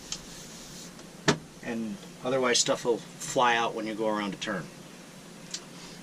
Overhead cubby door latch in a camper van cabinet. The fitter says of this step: just make sure when these are closed, they clip pretty good.